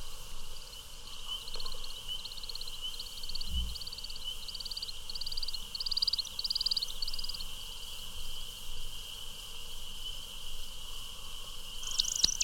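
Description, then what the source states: American woodcock twittering in repeated short chirpy bursts over a steady ringing chorus of spring peepers. Eastern United States and Canada; at dusk in April and May amid spring peepers; wing whistling and twittering as the bird takes off and circles overhead in courtship flight.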